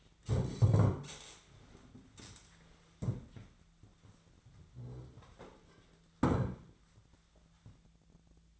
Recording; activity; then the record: daily activity, microphone in the room; stand up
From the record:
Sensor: 3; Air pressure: 1008.0 hPa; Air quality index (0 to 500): 191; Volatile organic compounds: 14 ppm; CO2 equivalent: 2446 ppm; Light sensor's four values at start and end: 12/27/12/12 and 12/29/12/12